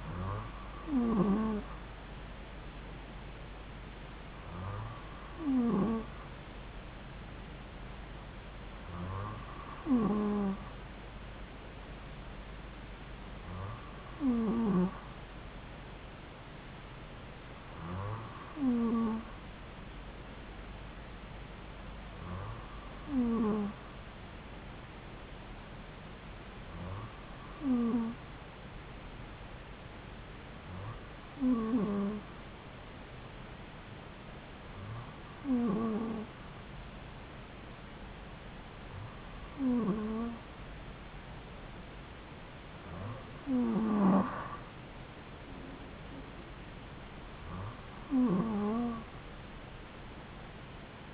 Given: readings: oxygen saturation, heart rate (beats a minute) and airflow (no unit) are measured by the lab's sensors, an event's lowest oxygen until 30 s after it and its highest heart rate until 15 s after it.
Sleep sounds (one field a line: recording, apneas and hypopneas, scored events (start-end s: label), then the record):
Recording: breathing in sleep by a voice recorder at the bedside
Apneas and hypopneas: none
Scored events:
20.00-51.14 s: new sleep stage, N3 (deep sleep)
From the record:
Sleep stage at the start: N2 (light sleep)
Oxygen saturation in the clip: 94%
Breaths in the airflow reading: 12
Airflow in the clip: -2.7 to 2.8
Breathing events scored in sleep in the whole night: 270 in 6.1 hours asleep